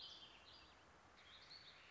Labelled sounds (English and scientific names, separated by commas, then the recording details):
Warbling Vireo (Vireo gilvus)
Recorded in Sonoma County, California